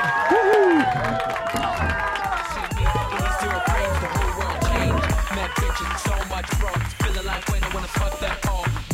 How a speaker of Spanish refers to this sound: Le damos un aplauso y le dejamos que se vaya.